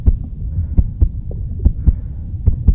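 Deep, paired lub-dub thumps repeat at a steady pace of roughly 70 beats a minute over a low background hum. It is the heartbeat of a bus driver after being yelled at, insulted and threatened, used in a WorkSafe Victoria message that aggression and violence against workers is harmful.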